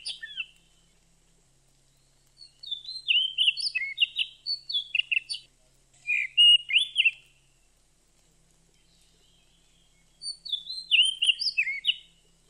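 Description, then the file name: Oriental magpie-robin song in bursts of rich, varied whistles and sharp chirps, some rising and some falling, separated by silent gaps of up to a few seconds; no other sounds. Lure (pikat) recording. "suara kacer pikat"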